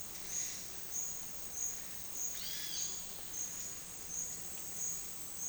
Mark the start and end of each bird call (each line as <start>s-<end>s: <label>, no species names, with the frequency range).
0.20s-0.71s: bird call (0.8-6.7 kHz)
2.27s-2.88s: bird call (1.0-6.5 kHz)